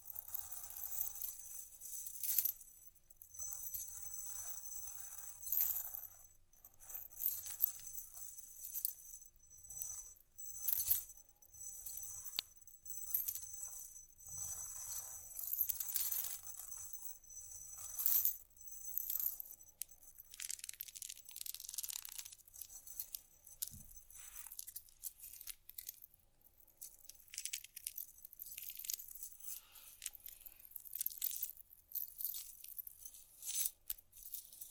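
Small objects are tapped, scratched and jangled: light clicks, rattles and chain-like jingles scattered unevenly through the recording. The sound is bright and thin, with little low end. Activity comes in dense bursts separated by short quieter gaps, thinning after about twenty seconds.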